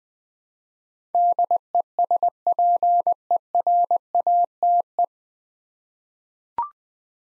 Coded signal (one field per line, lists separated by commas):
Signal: Morse code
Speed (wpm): 20 wpm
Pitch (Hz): 700 Hz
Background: none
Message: DESPERATE